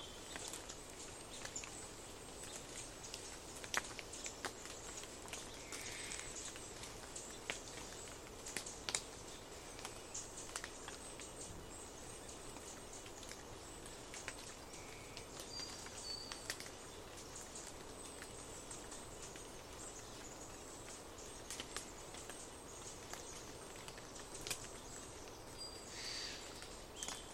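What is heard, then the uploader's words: Dawn in a rainforest river valley: a steady, dense wash of insect and water hiss, with brief bird calls and occasional faint clicks scattered throughout. A long soundscape across Dawn in the Queets River Valley rainforest of the Olympic National Park.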